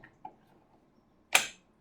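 A pistol is re-holstered into a molded plastic holster to demonstrate the positive retention click it makes. After two faint ticks near 0.0 and 0.3 seconds, a sharp, bright click rings out at 1.4 seconds with a short decaying tail as the pistol seats into the holster's retention.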